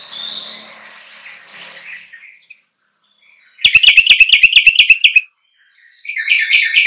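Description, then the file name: Bulbul song: soft warbled phrases, a short silence, then a fast burst of rapid chattering notes and a final loud warbled phrase. "suara kutilang trucukan"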